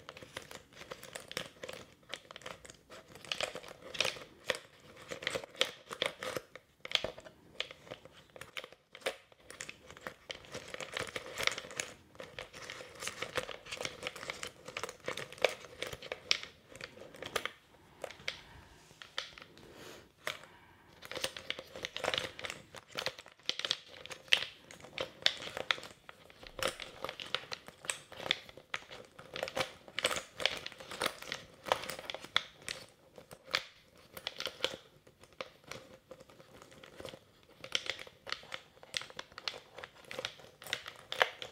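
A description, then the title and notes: Latex gloves and plastic rub and crinkle against a mic in dense, bright bursts of brushing, with brief pauses near 7, 9 and 20 seconds. ASMR French 5 Triggers (Latex gloves, Mic brushing, Plastic on mic, tweezers.)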